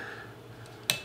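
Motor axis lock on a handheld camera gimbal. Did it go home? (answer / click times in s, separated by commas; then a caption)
yes / 0.9 s. A motor axis lock on a DJI Ronin-SC handheld camera gimbal is set, one of its tilt, roll and pan motor locks, before a Canon M50 Mark II camera is mounted. A quiet low hum runs until a single sharp, bright click at 0.9 s as the lock seats into place, so the motors won't move.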